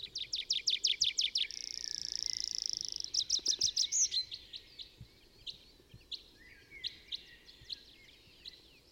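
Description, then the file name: Tree pipit song with a run of rapid high notes, a drawn-out thin whistle, then another quick trill; faint scattered chirps from other birds follow. Recorded in the Bavarian Forest on 25 April 2015. "Baumpieper. Bayerischer Wald REG. Susanne Rieck"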